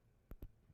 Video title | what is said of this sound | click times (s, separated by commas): TVON Live Fine Jewelry with Lauren Blair: Live jewelry shopping | you know it's locked because you actually hear it click i'm gonna put it right next to my microphone and close it listen to this | 0.3 s, 0.4 s